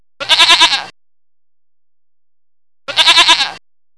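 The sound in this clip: Goat bleating twice, each a wavering, quavering cry under a second long, separated by about two seconds of silence.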